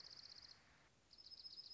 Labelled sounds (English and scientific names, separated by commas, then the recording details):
Dark-eyed Junco (Junco hyemalis)
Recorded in Sonoma County, California